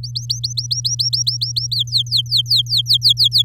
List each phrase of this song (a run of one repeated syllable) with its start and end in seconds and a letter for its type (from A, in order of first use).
0.03-1.67 A, 1.72-3.42 B